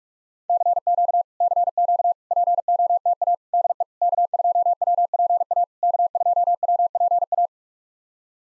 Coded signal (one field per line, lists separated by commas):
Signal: Morse code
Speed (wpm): 44 wpm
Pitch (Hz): 700 Hz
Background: none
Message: CQ CQ POTA DE K2WPA K2WPA